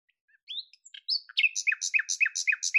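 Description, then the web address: Bird song: thin rising whistles and chirps, then a rapid chain of repeated two-part notes, bright above and dropping below. "Deverinetal 2025"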